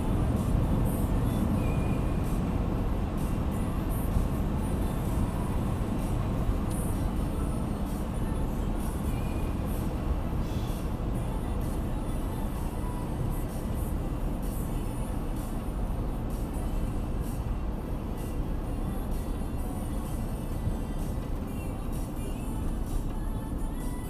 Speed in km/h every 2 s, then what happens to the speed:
96, 95, 95, 92, 89, 86, 83, 81, 78, 76, 68, 56.
0-24 slows to 56.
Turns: none.